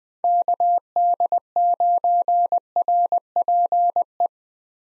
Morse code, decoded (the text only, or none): KD9RPE